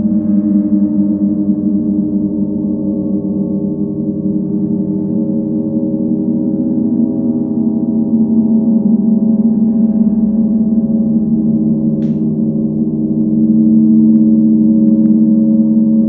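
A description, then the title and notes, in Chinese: A gong bath: layered, sustained gong tones hum continuously, full and low with rich overtones that slowly swell and shimmer. The wash stays dense throughout, growing slightly louder near the end, with a faint bright tap around twelve seconds. 沈浸在宇宙頻率的銅鑼浴裡。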